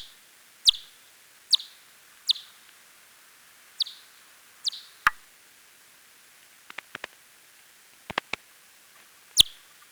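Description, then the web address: Large-footed myotis echolocation calls: crisp downward-sweeping chirps spaced about a second apart, then several faint ticks and one last strong sweep near the end. "Myotis macropus"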